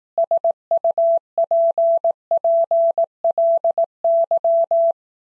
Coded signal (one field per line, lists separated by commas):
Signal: Morse code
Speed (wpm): 18 wpm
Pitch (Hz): 670 Hz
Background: none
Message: SUPPLY